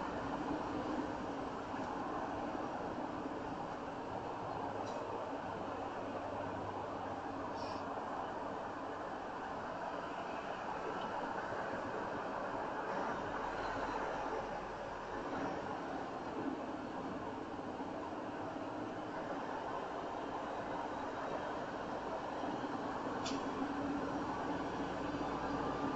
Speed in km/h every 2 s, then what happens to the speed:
52, 52, 48, 47, 45, 40, 39, 39, 39, 37, 39, 40, 42.
0-17 slows to 37.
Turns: none.